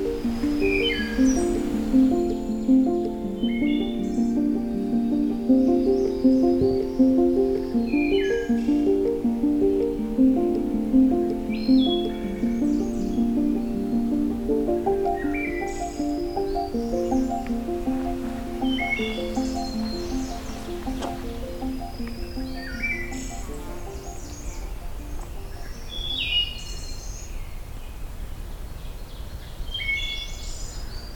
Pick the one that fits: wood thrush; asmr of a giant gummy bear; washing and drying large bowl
wood thrush